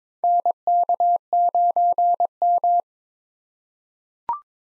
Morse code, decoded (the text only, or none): NK9M